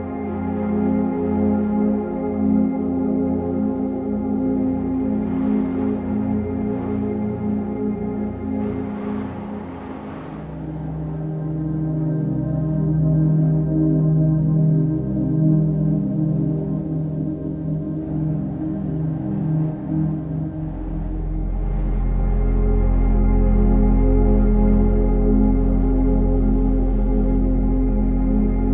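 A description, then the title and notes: Slow ambient music with layered, sustained low tones fills the clip, steady and warm. Soft airy whooshes of wind drift through around the fifth to tenth seconds and again near twenty seconds. After about twenty-one seconds a deep bass note swells in and the music grows fuller. Snowy Forest - Ambience and Ambient Music. The soothing sounds of a wind-swept snowy forest, with ambient sounds and beautiful ambient music.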